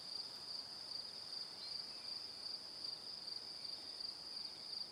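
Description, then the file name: Crickets keep up a continuous shrill trilling chorus with a regular pulse, over soft background noise. Evening. "Calm - Evening Crickets"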